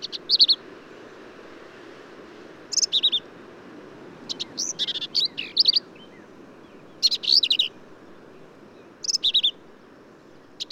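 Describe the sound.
Black-capped Vireo singing brief high phrases of chattering, slurred notes, separated by gaps of one to two seconds, with a low constant rush of background noise.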